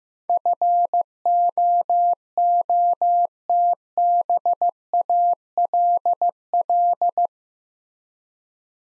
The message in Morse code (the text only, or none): FOOTBALL